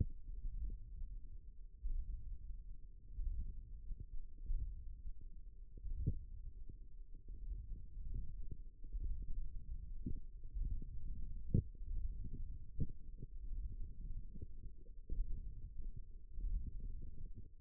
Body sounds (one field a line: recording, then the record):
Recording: forearm muscle sounds (acoustic myography)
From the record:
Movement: index flexion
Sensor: system 1, eight BSWA MPA416 microphones around the upper forearm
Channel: 2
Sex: male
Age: 18 years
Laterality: right